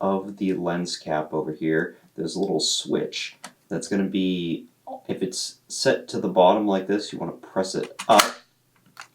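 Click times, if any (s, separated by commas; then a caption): 9.0 s. Someone talks while pushing up the small switch on the left side of the lens on a Sony Panasonic 4K DSLR video camera, moving it from its bottom position to open the built-in lens cover. A short, sharp click is heard at 9.0 s as the lens cover switch clicks open.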